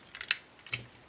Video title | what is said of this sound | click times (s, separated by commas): 神之一手绝了！变形金刚TFP阿帕奇威震天金属战损色，神之手配件包玩具开箱 | 后整个的腰部再卡下来，对 | 0.3 s